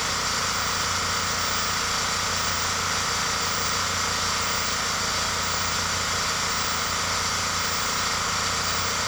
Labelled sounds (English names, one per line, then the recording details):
none
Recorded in secondary vegetation near Puerto Asís, Putumayo, Colombia, on 24 March 2025 at 06:00
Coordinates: 0.468, -76.324
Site G059